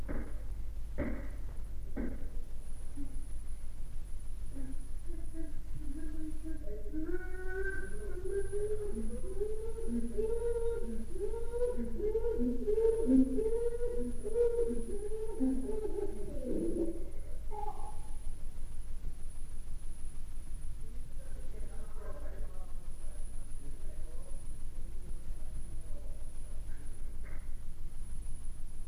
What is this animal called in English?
Chimpanzee